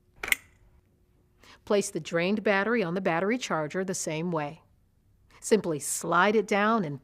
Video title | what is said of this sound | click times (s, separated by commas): Χειρισμός του Invacare® I Lift™ | push it away from you until you hear it click into place place | 0.2 s, 0.3 s